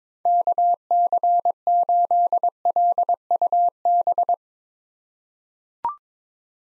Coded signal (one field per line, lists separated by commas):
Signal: Morse code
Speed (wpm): 22 wpm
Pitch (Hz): 700 Hz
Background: none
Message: KC8LUB